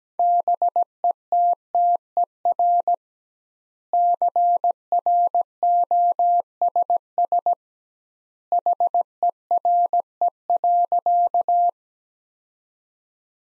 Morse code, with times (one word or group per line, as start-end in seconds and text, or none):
0.2-2.9 BETTER
3.9-7.5 CROSS
8.5-11.7 HERE.